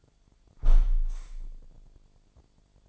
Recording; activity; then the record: daily activity, microphone in the room; close window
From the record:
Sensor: 5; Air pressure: 1006.6 hPa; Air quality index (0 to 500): 190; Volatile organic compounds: 5 ppm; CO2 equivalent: 1810 ppm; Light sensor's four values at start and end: 56/159/62/62 and 56/159/62/62